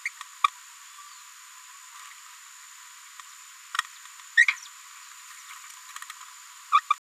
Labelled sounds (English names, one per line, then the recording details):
Green-rumped Parrotlet babbling
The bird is a female
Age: 30 days
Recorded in a nest box in Venezuela
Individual 17B73B3